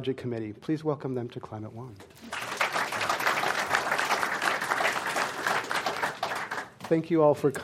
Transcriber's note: applause